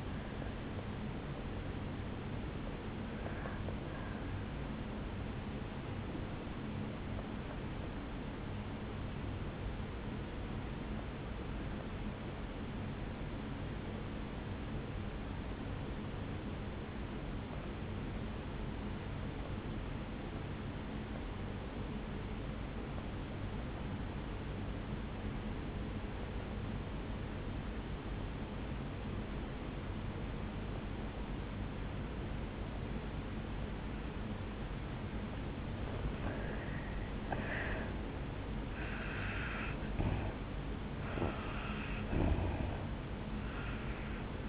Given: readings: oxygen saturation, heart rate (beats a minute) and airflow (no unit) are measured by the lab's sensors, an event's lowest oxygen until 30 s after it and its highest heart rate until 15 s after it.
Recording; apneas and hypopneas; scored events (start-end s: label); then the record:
breathing in sleep by a voice recorder at the bedside; 1
5.00-35.70 s: obstructive apnea (N1, oxygen 98% highest, then 84% lowest, heart rate 57 at the start, 74 highest)
11.00-44.49 s: new sleep stage, N2 (light sleep)
From the record:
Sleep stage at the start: N1 (lightest sleep); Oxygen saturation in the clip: 81 to 98%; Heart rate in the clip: 57 to 74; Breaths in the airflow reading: 4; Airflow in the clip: -10.1 to 6.7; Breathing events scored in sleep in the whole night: 449 in 7.0 hours asleep